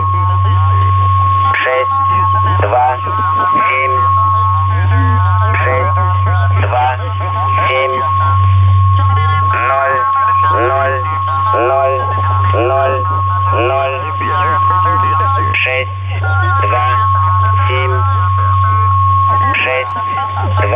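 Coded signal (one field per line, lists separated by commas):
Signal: numbers station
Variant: S06 Russian Man, Russian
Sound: male voice reading short evenly spaced words through radio, with steady whistle and hum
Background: radio static, hum, heterodyne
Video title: 21 06 2019 S06 Russian Man Numbers station in Russian to Eu 2100 on 7314 unknown tx site USB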